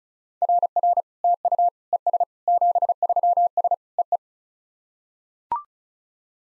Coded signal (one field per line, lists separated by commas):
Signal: Morse code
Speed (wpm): 34 wpm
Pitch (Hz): 700 Hz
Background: none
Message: RR TU ES 73S EE